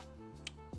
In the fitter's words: So pop this one in until it clicks.